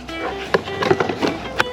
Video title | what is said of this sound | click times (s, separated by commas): 2025 Honda Civic 2 0 Engine & Cabin Air Filter Replacement EASY DIY | Cover on. Snaps right into place here. | 1.6 s